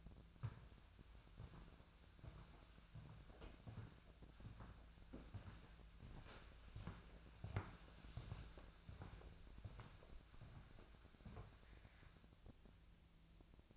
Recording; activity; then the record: daily activity, microphone in the room; walk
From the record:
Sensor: 2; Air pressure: 1008.2 hPa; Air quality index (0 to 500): 178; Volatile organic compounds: 9 ppm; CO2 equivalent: 2196 ppm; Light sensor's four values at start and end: 14/34/14/15 and 14/34/14/15